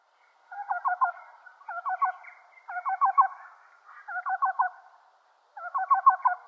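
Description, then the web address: Black-billed cuckoo calling in soft, hollow groups of several quick cu notes, five phrases in about six seconds. Display. "Schulze Peter Black-billed Cuckoo display"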